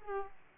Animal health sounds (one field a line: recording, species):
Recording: mosquito wingbeat signal from an infrared sensor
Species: Aedes aegypti